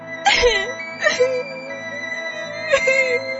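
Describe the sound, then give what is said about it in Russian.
A princess walking in a garden cries bitterly in three wavering, high-pitched sobbing bursts with short pauses between them, set over a steady, sustained musical backdrop. “Однажды гуляла принцесса в саду и горько плакала.”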